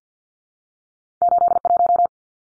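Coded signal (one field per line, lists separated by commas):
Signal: Morse code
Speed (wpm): 50 wpm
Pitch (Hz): 700 Hz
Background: none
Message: 81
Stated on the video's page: Head-copy drill of two-digit numbers at 50 wpm, each sent in Morse, spoken, then sent again.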